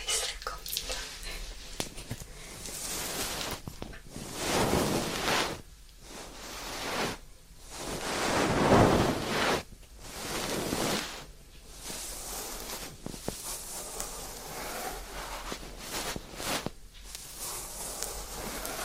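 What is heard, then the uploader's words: Ear cleaning, with soft rushing swells of rustle that rise and fade every few seconds, loudest around the middle, like wind or surf. Between the swells come brief quiet gaps and scattered small clicks and scrapes. ASMR 자극주의 따끔따끔 3dio 귀청소 | ear cleaning.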